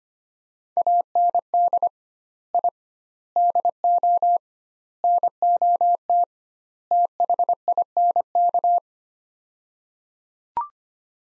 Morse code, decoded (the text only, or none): AND I DO NOT THINK